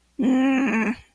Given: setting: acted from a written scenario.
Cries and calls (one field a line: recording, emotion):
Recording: vocal sound without words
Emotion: anger